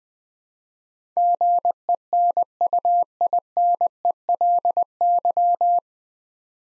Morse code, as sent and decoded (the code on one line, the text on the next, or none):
--. . -. ..- .. -. . .-.. -.--
GENUINELY